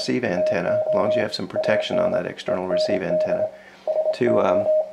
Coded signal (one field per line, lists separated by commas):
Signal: Morse code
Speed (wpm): 24 wpm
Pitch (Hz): 620 Hz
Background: speech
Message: TO AN END SO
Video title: Using SDRPlay as a Panadapter for older Transceivers